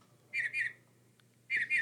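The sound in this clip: Northern mockingbird song: two paired whistled notes, then a pause, then another similar pair, with a faint low hum.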